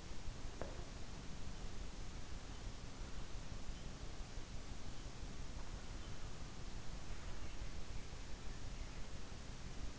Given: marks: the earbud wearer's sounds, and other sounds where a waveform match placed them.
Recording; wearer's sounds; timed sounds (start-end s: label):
sounds in sleep by an in-ear microphone; teeth grinding
0.00-0.97 s: teeth grinding